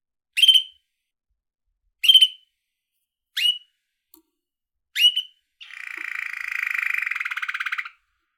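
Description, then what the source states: Canary gives four sharp chirps about a second and a half apart, then breaks into a sustained, rapidly pulsed buzzy trill. Yellow canary, caged bird, trilling.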